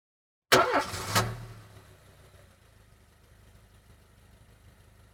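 A car engine cranks and starts with a loud burst, revs up briefly, then settles into a low, steady idle rumble.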